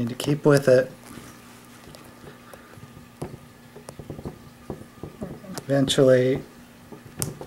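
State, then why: Seated. During reassembly after cleaning, a small internal part of a Gotvapes Stardust e-cigarette clearomizer is pressed repeatedly back into its tank housing while someone talks. Faint ticks and handling noises come through between the speech, then one sharp, loud, short snap at 7.2 s as the part seats home.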